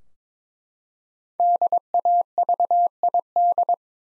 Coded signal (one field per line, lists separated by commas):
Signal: Morse code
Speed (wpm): 22 wpm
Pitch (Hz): 700 Hz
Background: none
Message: DAVID